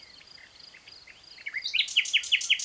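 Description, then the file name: Common nightingale song fragment: soft slurred notes building into quick repeated loud chirps. Faint high whistles sound behind. "Luscinia megarhynchos"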